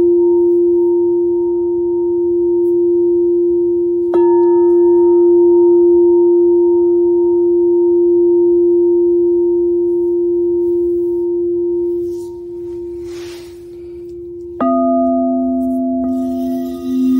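Singing bowls hum in long, steady tones, with new bowls struck at about four and fourteen seconds, the last lowering the pitch.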